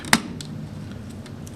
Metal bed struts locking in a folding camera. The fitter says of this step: take these two bars because they kind of lock into place and push back now